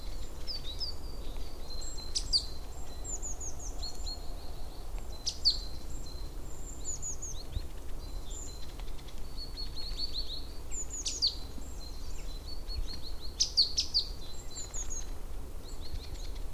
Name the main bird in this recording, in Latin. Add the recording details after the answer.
Parus major. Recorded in the wild. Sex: male. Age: adult. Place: Prenden, Brandenburg, DE. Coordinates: 52.8347, 13.62. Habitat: wood. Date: 1992-03-07 16:04. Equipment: Aiwa HD-S1, Sennheiser ME 80, 1:1 Kopie. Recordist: Frommolt, Karl-Heinz. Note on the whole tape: Nördlich von Prenden und südlich des Kanals am Fließ: Gesang - 29 Strophen